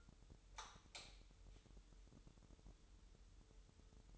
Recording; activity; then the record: daily activity, microphone in the room; light on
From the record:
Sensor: 3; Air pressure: 988.4 hPa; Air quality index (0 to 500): 189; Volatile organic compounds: 252 ppm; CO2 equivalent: 4366 ppm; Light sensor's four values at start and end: 8/19/8/8 and 11/29/12/11